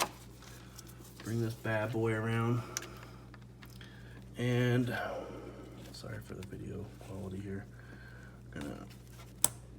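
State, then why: Seated. While new VANOS solenoids are being reinstalled on a BMW 335xi engine, a wiring connector is pushed onto a camshaft VANOS solenoid as someone talks. It snaps into place with one sharp click at 9.4 s, and the connector is seated.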